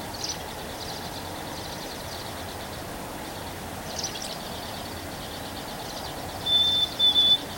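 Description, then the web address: Bird song heard as scattered buzzy high trills through steady background noise, ending with two short high whistled notes. 3 May 2023. "gemlog starlog audio bird song 20230503"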